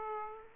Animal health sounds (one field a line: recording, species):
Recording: mosquito wingbeat signal from an infrared sensor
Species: Aedes aegypti